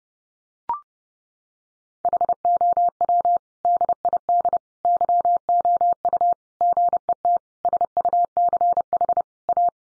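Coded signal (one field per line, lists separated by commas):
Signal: Morse code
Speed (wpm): 30 wpm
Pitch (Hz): 700 Hz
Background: none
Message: HOW DID YOU GET SUCH A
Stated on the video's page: Practice sentences from the top 1100 words sent in Morse at 30 wpm, each sent twice for head-copy training.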